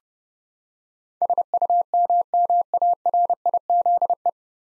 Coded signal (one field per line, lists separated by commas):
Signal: Morse code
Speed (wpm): 30 wpm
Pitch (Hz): 700 Hz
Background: none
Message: SUMMARIZE